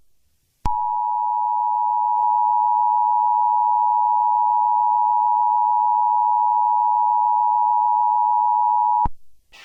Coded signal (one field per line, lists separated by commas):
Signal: Emergency Alert System (SAME) tones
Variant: 853 and 960 Hz attention tone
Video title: EAS Scenario -￼ ￼Cyber chase . EXE Car edition Chevrolet